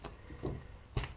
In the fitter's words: You can hear it pop.